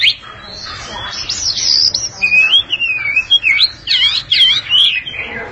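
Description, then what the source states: Oriental magpie-robin song: loud, fast warbling whistles that twist up and down, in bursts of varying strength. Long-duration song.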